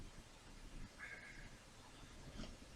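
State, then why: Not seated. A stiff plastic part is pushed onto the missile launcher assembly of a scale model Apache helicopter, heard as low handling rumble and rubbing, with a faint tonal squeak around 1.0–1.4 s and a soft knock near 2.4 s. The clip ends just before the part goes home, so nothing has seated or clicked yet.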